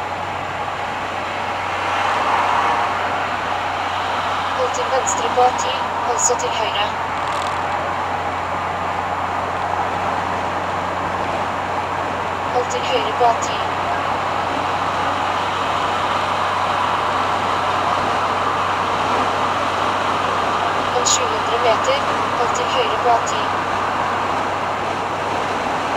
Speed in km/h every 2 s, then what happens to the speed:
84, 82, 81, 80, 80, 82, 82, 83, 84, 84, 85, 87, 85.
0-26 steady at about 83.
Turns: none.